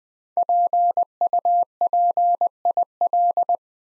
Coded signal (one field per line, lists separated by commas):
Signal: Morse code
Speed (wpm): 20 wpm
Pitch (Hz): 700 Hz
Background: none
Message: PUPIL